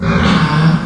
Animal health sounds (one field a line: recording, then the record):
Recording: squeal of a Yucatan mini pig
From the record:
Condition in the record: after surgery on the right vocal fold (resection and tissue-engineered implant)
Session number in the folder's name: 16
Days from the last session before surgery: 183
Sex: female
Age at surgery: 19 weeks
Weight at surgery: 25 kg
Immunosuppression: prednisolone